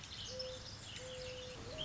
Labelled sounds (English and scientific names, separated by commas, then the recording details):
Mourning Dove (Zenaida macroura)
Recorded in Sonoma County, California